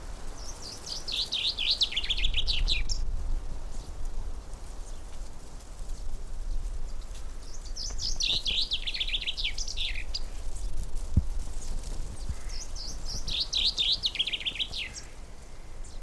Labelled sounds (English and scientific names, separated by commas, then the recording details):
Common Chaffinch (Fringilla coelebs)
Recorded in the wild
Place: Naturfreundehaus - Üdersee, Nationalpark Untere Oder, Brandenburg, DE
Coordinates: 52.85, 13.68
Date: 1996-03-27 13:45
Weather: sonnig, böiger Wind, 3°C
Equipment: Sony MD-WM MZ-R3, Sennheiser ME 80, Kopie Uher 4000 Report Monitor
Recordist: Tembrock, Günter